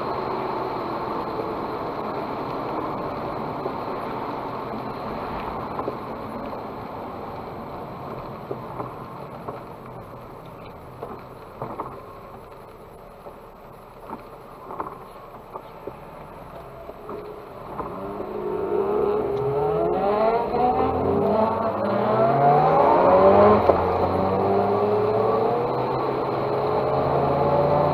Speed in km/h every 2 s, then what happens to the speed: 61, 55, 45, 38, 27, 19, 10, 6, 0, 0, 0, 27, 42, 48.
0-15 brakes to 0. 15-21 standing. 21-28 pulls away to 48.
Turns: none.